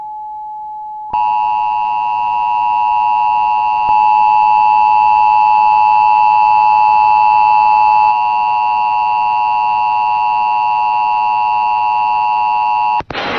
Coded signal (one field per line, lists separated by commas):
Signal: Emergency Alert System (SAME) tones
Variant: 853 and 960 Hz attention tone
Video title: (EAS #36) Tornado Warning on April 5th 2022